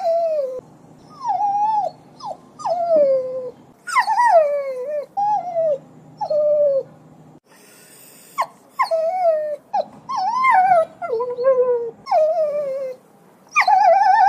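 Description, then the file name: A dog gives repeated plaintive whines, each dropping in pitch, broken by quick yelps and short pauses throughout. A call to a dog to come. "Tieng goi cho den"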